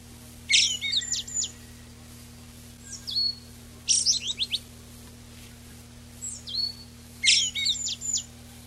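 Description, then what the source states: Eyebrowed thrush song: several phrases of sharp high notes with a thin falling whistle. 19 June 1991.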